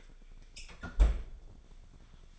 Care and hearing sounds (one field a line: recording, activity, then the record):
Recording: daily activity, microphone in the room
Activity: close fridge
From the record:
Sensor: 5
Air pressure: 1004.7 hPa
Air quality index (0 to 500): 159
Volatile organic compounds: 3 ppm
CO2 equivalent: 1496 ppm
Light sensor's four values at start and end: 21/49/19/18 and 20/46/18/16